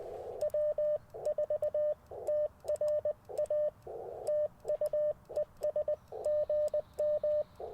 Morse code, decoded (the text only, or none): W4TRA TU ES GM